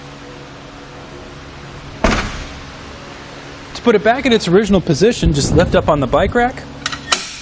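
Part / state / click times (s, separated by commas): hitch bike rack tilt latch into the locked riding position / seated / 6.9 s, 7.1 s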